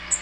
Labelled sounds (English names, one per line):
Black-throated Green Warbler flight call